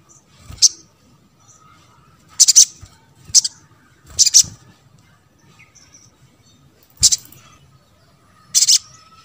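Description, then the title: Spiderhunter song: shrill, very high chip bursts, single and doubled, one every one to three seconds, over quiet low background noise. Caged-bird training recording (masteran) of the Labaik variant. "Sogok Ontong Labaik"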